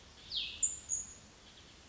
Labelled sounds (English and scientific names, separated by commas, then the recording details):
Cassin's Vireo (Vireo cassinii)
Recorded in Sonoma County, California